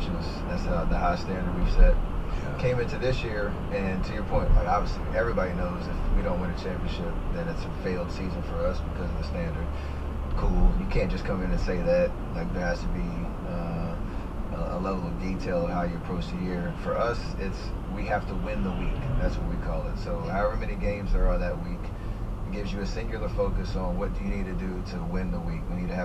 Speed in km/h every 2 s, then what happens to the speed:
56, 58, 58, 58, 53, 48, 45, 40, 37, 34, 29, 26, 21.
0-6 steady at about 58. 6-26 slows to 21.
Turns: none.